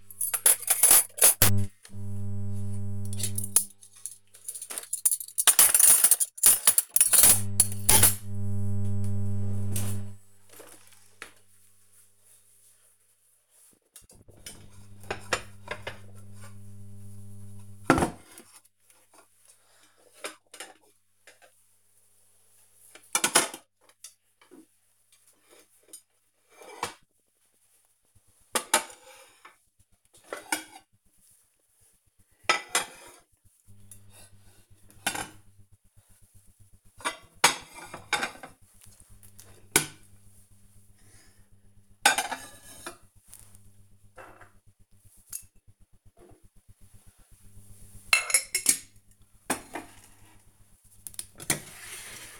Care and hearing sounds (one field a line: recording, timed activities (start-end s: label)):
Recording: household activities, microphone on the right wrist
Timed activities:
0.00-52.40 s: putting away the dishes